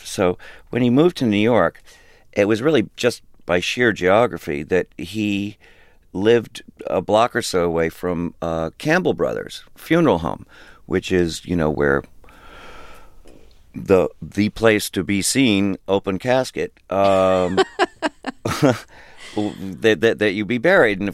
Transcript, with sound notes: So when he moved to New York, it was really just by sheer geography that he lived a block or so away from Campbell Brothers Funeral Home, which is, you know, where - the place to be seen, open casket. (Soundbite of laughter) That you be buried.